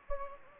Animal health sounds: mosquito wingbeat signal from an infrared sensor; Anopheles gambiae

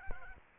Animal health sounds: mosquito wingbeat signal from an infrared sensor; Aedes albopictus

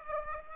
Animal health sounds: mosquito wingbeat signal from an infrared sensor; Aedes aegypti

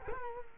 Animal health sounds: mosquito wingbeat signal from an infrared sensor; Culex quinquefasciatus

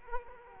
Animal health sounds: mosquito wingbeat signal from an infrared sensor; Culex quinquefasciatus

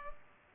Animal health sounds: mosquito wingbeat signal from an infrared sensor; Culex pipiens

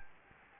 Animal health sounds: mosquito wingbeat signal from an infrared sensor; Anopheles gambiae

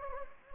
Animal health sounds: mosquito wingbeat signal from an infrared sensor; Anopheles gambiae

